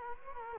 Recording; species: mosquito wingbeat signal from an infrared sensor; Culex quinquefasciatus